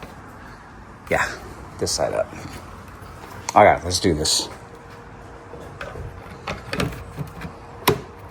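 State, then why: Seated. A plastic accessory part is twisted and pushed onto its mount on a Flashforge AD5X multicolor 3D printer until it locks into its grooves. Someone talks at the start, followed by handling noises and small clicks around 5.8, 6.7 and 6.8 seconds. A loud final snap at 7.9 seconds marks the part seating in place.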